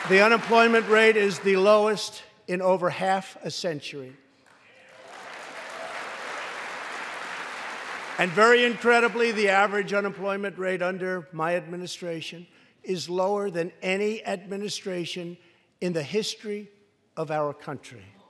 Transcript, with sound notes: The unemployment rate is the lowest in over half a century. (Applause.) And very incredibly, the average unemployment rate under my administration is lower than any administration in the history of our country.